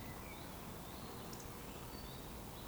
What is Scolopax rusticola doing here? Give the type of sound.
whistle